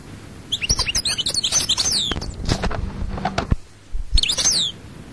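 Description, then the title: European goldfinch song: rapid high twittering phrases with buzzy notes, a gap, then another short twittering burst; low knocking sounds in between. "Chant Chardonneret"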